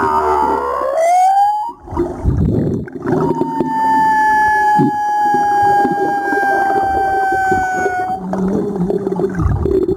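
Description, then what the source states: Humpback whale song with a rising whoop followed by a long, steady, slightly falling tonal moan, low grunts and rumbling underneath. Recorded 2022-04-17.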